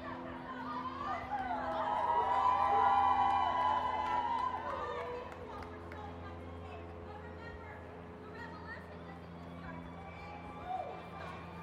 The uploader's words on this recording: WOMXNS MARCH_raw_09 by Andy "soundeziner" Martin.